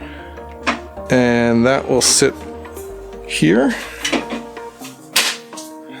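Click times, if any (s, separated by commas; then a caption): 5.2 s. Someone talks while flipping over the narrow-rip attachment on a DeWalt job site table saw's rip fence and setting it on the fence so it sits low for narrow rips. This lets the safety guard stay down over the blade and a push stick be used. The piece snaps into place with a loud, sharp hit at 5.2 s.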